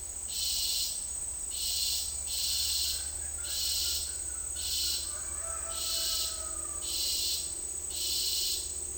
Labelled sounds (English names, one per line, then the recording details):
none
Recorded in dense forest near Puerto Asís, Putumayo, Colombia, on 9 March 2025 at 10:00
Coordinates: 0.503, -76.323
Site GP09